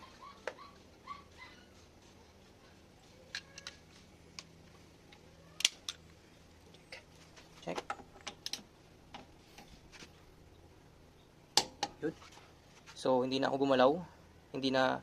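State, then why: Torque reached. A click-type torque wrench set to 103 Nm checks a lug nut on a wheel of a 2024 Toyota Wigo. Scattered light ticks and taps lead up to a sharp, loud click at 11.6 s as the wrench reaches its setting, confirming the nut is torqued to 103 Nm, and someone talks afterward.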